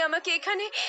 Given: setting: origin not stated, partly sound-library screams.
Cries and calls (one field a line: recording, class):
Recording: one-second piece from a danger detection set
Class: woman in danger